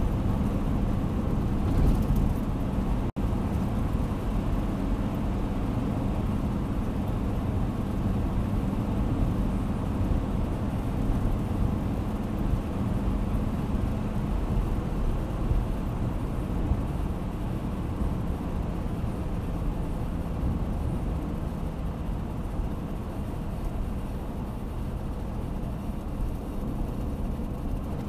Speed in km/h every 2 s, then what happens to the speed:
100, 99, 99, 99, 99, 99, 99, 99, 90, 86, 82, 80, 76, 75.
0-14 steady at about 99. 14-28 slows to 75.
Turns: none.